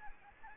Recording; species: mosquito wingbeat signal from an infrared sensor; Anopheles arabiensis